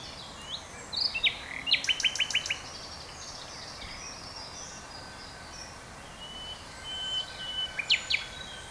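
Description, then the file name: Common nightingale singing a quick burst of loud, evenly spaced staccato notes, then a pause and a few more clipped notes near the end. "Luscinia megarhynchos"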